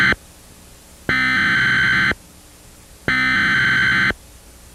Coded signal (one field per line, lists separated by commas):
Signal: Emergency Alert System (SAME) tones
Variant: header bursts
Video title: EAS Scenario: La Tormenta De Ranchos (1999)